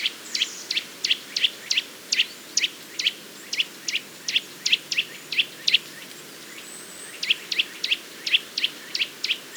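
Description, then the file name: Eurasian nuthatch calling with clipped, piping notes repeated steadily, one short gap, a faint thin whistle from another bird in the background. "Sitta europaea"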